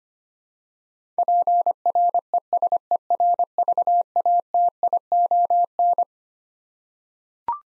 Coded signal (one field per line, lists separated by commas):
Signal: Morse code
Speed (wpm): 25 wpm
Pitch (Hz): 700 Hz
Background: none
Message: PRESERVATION